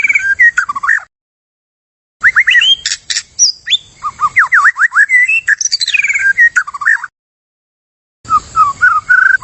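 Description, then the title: White-rumped shama song with rapid varied whistles, sweeping slurs and harsh chattering notes in bursts separated by brief silences. Used as a lure (pikat); described as gacor, meaning singing actively and constantly. "PANCINGAN MURAI BATU GACOR"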